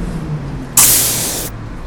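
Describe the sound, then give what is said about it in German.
A line 12 bus pulls in at a bus stop: a low engine rumble runs throughout, broken by one loud, sharp burst of air-brake hiss lasting under a second before fading back to the idle. “Da kommt der Bus schon.”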